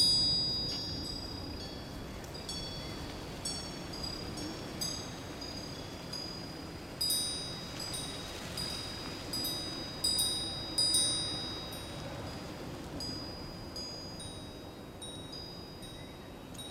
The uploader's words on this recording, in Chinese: 田野、春风、风铃，听见春的声音。